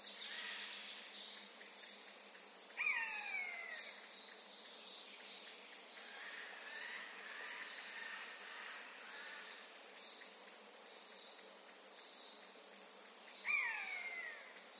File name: Garrulus glandarius